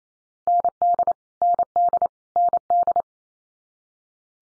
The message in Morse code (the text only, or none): ND ND ND